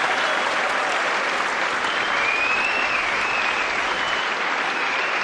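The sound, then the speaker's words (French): Loud, sustained applause from a large crowd, a dense roar of clapping that holds steady at full volume for about five seconds without any voices over it. “D'abord, applaudissements tonitruants.”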